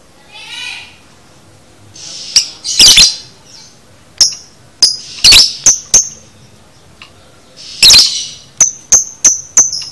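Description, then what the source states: Lovebird chatter: sharp, high, piercing chirps in bursts, some doubled, with short buzzy squeaks between them and brief pauses. Used to train a lovebird to chatter in the "konslet" style.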